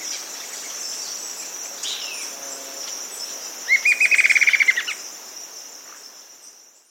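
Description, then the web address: Rufous-winged antwren delivering one short, rapid trill of bright repeated notes, set against a continuous buzzing insect chorus. South America. "Natures Songs S America Rufous-Winged Antwren"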